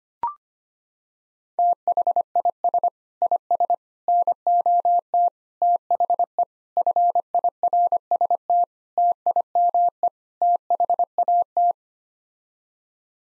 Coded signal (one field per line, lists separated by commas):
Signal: Morse code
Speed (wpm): 25 wpm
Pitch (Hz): 700 Hz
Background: none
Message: THIS IS NOT THE FIRST TIME THAT